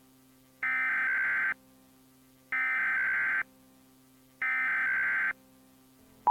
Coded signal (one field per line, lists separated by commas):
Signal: Emergency Alert System (SAME) tones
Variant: header bursts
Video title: EAS Font Test w/ Hi8 film effect